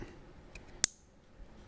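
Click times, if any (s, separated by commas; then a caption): 0.8 s. A keyed plastic tail light wiring connector from a Morimoto XB LED tail light is lined up and pushed into the factory harness plug of a Toyota Tundra. It gives a faint tick at 0.6 s and then a sharp, bright snap at 0.8 s as this second connector seats in place. No one talks.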